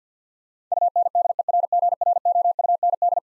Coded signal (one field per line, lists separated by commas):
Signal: Morse code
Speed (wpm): 50 wpm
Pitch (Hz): 700 Hz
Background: none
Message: UNDERGROUND